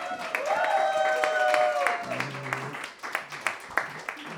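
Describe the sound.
Scattered studio audience applause, a thin run of sharp individual claps that grows sparser toward the end, preceded and partly overlapped by sustained tonal voice-like sounds.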